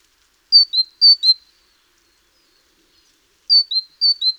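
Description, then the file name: Great tit singing two short runs of two-note whistled phrases, high then lower, separated by a two-second pause. "Parus major"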